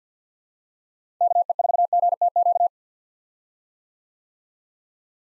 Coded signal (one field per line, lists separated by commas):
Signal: Morse code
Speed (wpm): 50 wpm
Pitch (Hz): 700 Hz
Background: none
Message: KE4GTQ